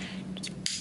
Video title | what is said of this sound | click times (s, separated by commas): How to set up the Vigilance II (Vig II)- Edward's Lifescience Cardiac Output Monitor | going to have to just slide in B blue clip here and press it in you'll hear a click | 0.7 s